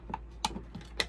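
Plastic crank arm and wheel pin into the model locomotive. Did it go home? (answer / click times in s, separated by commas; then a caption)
yes / 1.0 s. A plastic crank arm is fitted into the piston cylinder of a printed model steam locomotive, and its wheel pin is pushed through from the other side. A few small ticks and taps come first, including a sharp one at 0.4 s. Then a crisp click at 1.0 s marks the wheel pin snapping into place.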